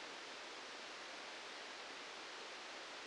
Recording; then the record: brain microelectrode recording played as sound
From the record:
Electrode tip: outside the subthalamic nucleus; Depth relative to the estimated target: -8 mm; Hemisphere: right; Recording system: NeuroSet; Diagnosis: Parkinson's disease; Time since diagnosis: 13 years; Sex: male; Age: 65 years